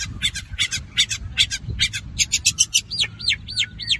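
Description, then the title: Long-tailed shrike song: a series of harsh, rasping bursts, then four clear arched whistles that rise and fall, evenly spaced. Combination song. "Cendet Kombinasi"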